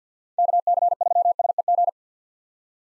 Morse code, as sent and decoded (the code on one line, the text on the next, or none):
-.- -.-. ...-- ... . --.
KC3SEG